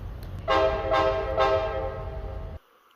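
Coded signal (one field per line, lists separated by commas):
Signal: train horn signal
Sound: one long chorded train horn blast lasting about two seconds, then stops abruptly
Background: rumble of train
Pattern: 1 long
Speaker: Or maybe this. These horn combinations may sound pretty random to a casual observer, but actually each sequence has its own meaning.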